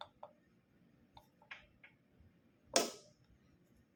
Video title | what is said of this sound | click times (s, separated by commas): Ma4-5 rebuild (part 7) reassembly | Okay, you hear that click? | 2.8 s